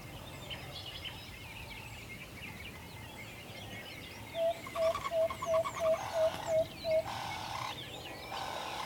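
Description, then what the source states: Owl tooting about eight quick, evenly spaced mid-pitched notes, around three each second, starting halfway through, over a busy background of chirping songbirds. Recorded in a forest.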